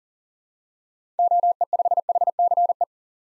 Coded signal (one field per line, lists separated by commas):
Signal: Morse code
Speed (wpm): 40 wpm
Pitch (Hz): 700 Hz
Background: none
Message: OE5HCE